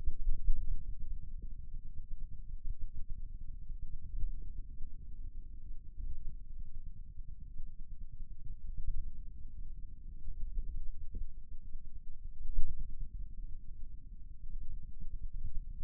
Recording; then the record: forearm muscle sounds (acoustic myography)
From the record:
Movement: pen grasping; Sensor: system 2, bracelet of six BSWA MPA416 microphones around the upper forearm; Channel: 2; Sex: male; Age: 22 years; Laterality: right